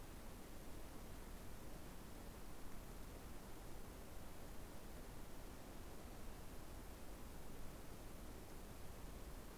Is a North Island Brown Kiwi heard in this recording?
no